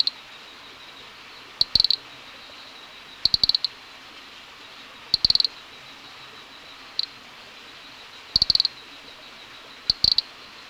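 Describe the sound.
Nesobia mjobergi producing short volleys of crisp high ticks, one volley every one to three seconds, over steady faint hiss.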